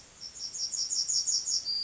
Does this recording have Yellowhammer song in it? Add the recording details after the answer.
yes. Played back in grassland. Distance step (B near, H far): C. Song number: 047